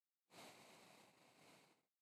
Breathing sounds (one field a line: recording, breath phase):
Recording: one breath near a microphone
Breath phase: exhalation